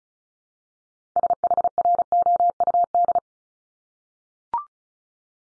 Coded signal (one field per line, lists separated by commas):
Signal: Morse code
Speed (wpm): 36 wpm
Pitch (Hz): 700 Hz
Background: none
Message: SHROUD